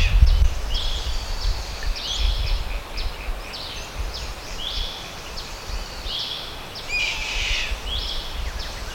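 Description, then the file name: Bird giving rapid, uneven high chirps and short falling notes, a few a second, with one brief lower whistle, against a low wind rumble. "SABIOD 50 bird 2015"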